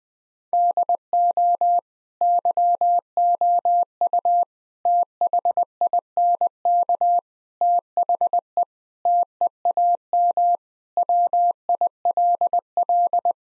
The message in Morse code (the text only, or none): DO YOU THINK THE TEAM WILL